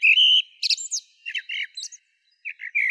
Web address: Turdus merula